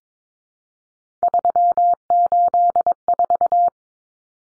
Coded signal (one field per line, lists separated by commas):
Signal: Morse code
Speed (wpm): 22 wpm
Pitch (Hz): 700 Hz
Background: none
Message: 384